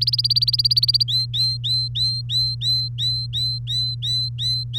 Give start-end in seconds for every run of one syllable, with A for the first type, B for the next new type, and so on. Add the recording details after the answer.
0.01-1.03 A, 1.08-4.79 B. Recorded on 3 May 2018 at 09:14. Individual llb3